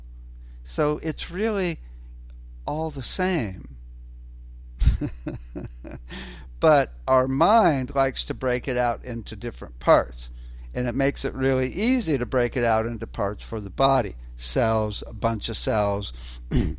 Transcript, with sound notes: So, it's really all the same (laughs) but our mind likes to break it out into different parts, and it makes it really easy to break it out into parts for the body, cells, a bunch of cells